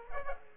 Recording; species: mosquito wingbeat signal from an infrared sensor; Aedes aegypti